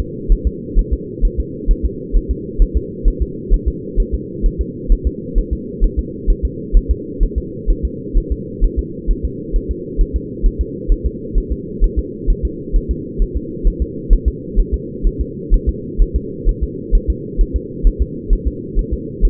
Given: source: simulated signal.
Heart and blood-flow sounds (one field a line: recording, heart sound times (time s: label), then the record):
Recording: fetal heart sounds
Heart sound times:
0.00 s: S2
0.32 s: S1
0.47 s: S2
0.79 s: S1
0.93 s: S2
1.25 s: S1
1.40 s: S2
1.71 s: S1
1.85 s: S2
2.17 s: S1
2.31 s: S2
2.62 s: S1
2.77 s: S2
3.08 s: S1
3.22 s: S2
3.54 s: S1
3.68 s: S2
4.00 s: S1
4.14 s: S2
4.46 s: S1
4.61 s: S2
4.92 s: S1
5.07 s: S2
5.38 s: S1
5.53 s: S2
5.84 s: S1
5.99 s: S2
6.30 s: S1
6.45 s: S2
6.77 s: S1
6.91 s: S2
7.23 s: S1
7.38 s: S2
7.70 s: S1
7.85 s: S2
8.18 s: S1
8.32 s: S2
8.64 s: S1
8.79 s: S2
9.11 s: S1
9.25 s: S2
9.56 s: S1
9.71 s: S2
10.01 s: S1
10.16 s: S2
10.46 s: S1
10.61 s: S2
10.92 s: S1
11.06 s: S2
11.38 s: S1
11.52 s: S2
11.84 s: S1
11.99 s: S2
12.30 s: S1
12.45 s: S2
12.76 s: S1
12.91 s: S2
13.22 s: S1
13.37 s: S2
13.67 s: S1
13.82 s: S2
14.13 s: S1
14.28 s: S2
14.60 s: S1
14.74 s: S2
15.07 s: S1
15.21 s: S2
15.54 s: S1
15.69 s: S2
16.02 s: S1
16.16 s: S2
16.49 s: S1
16.63 s: S2
16.95 s: S1
17.10 s: S2
17.41 s: S1
17.56 s: S2
17.87 s: S1
18.02 s: S2
18.33 s: S1
18.48 s: S2
18.79 s: S1
18.94 s: S2
19.25 s: S1
From the record:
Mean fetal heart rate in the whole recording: 130 bpm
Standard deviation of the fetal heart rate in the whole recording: 2 bpm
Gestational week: 38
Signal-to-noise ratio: -4.1 dB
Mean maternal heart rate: no maternal heart sound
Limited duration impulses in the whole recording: absent